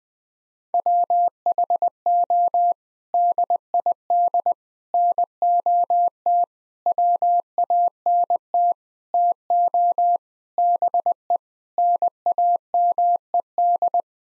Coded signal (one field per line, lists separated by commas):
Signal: Morse code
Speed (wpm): 21 wpm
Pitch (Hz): 700 Hz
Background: none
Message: WHO DID NOT WANT TO BE NAMED